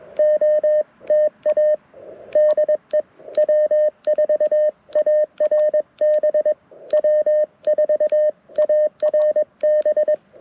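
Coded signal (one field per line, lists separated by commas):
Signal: Morse code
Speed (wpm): 21 wpm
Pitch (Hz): 590 Hz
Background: radio noise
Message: OTA DE W4ARB W4ARB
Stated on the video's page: QRP CW Parks on the Air activation using a Mountain Topper radio and end fed half wave antenna.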